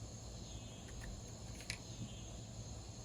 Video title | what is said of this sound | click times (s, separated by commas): September 6, 2023 Ravin CrossBow How-To From unboxing to building to operation and troubleshooting. | didn't click | none